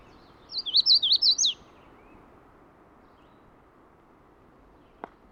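Magnolia warbler giving a single short song of several quick wavering notes, followed by seconds of low hiss and one sharp click near the end.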